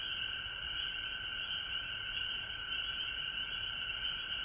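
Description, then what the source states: Frogs in a thick, continuous chorus of high trilling, with a softer lower layer of calls underneath, holding steady without pause. Recorded at home in Georgia on March 19, 2020.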